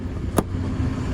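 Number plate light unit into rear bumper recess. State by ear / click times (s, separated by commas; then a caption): seated / 0.4 s. A rear number plate light unit on an Alfa Romeo Giulietta, its metal spring clip re-bent back into shape, is pushed up into the plastic rear bumper recess. A single sharp click at 0.4 s over a steady low hum shows the light seating back into place.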